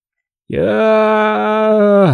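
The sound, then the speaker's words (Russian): A man's long, loud, anguished moaning scream as he passes out into a faint, sustained for nearly two seconds at a steady pitch with rich, strained harmonics, rising abruptly from silence and holding unbroken to the end. “Не по-человечески заорал Павел, стонущим криком уходя в обморок, остатками сознания слыша выстрел.”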